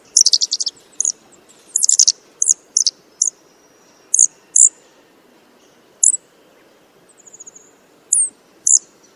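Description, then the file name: Blue flycatcher giving piercing high notes: rapid bursts early on, then scattered single sharp chips, with a soft thin trill late on. Alarm call. "suara alarm panggilan cikrakperi biru omkicau"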